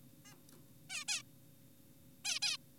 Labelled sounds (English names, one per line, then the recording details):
Zebra Finch
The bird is an adult
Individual g4p5U